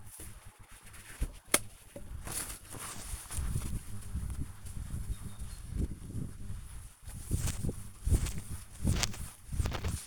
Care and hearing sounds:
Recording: household activities, microphone on the right wrist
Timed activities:
0.00-10.07 s: window cleaning

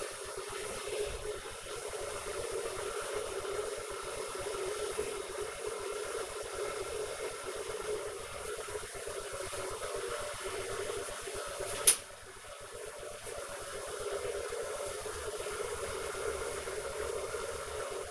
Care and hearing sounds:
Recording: household activities, microphone on the right wrist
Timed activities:
0.00-18.11 s: making tea

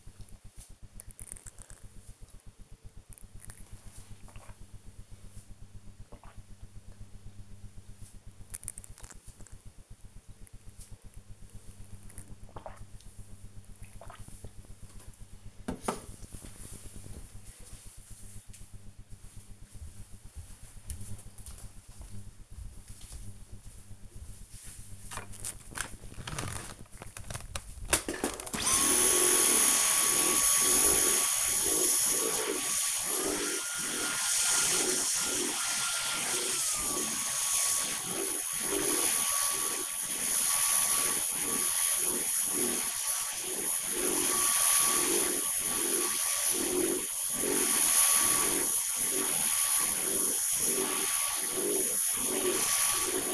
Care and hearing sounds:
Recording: household activities, microphone on the right wrist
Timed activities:
0.00-14.60 s: drinking
24.69-53.34 s: vacuum cleaning

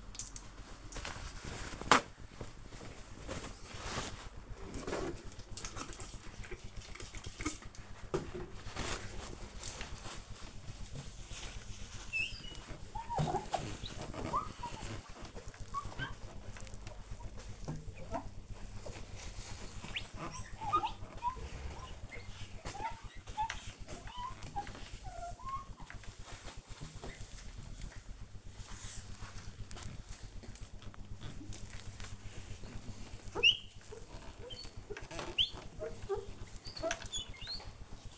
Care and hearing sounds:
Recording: household activities, microphone on the right wrist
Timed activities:
0.00-38.18 s: window cleaning

